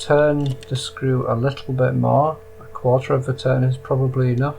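Someone talks while handling a hand plane, turning the cap screw about a quarter turn before pushing down the lever cap lever to clamp the blade. Faint handling noises sit under the voice, and a steady low hum runs throughout. The clip ends before the lever is pushed down, so nothing has seated or clicked yet.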